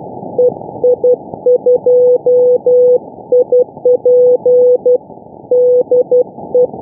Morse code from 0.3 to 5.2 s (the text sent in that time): EI2IP